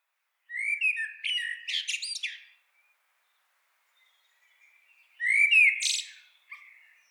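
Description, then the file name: Eurasian blackbird song: two mellow fluted phrases ending in high twittering squeaks, separated by a quiet pause of nearly three seconds. "Turdus merula"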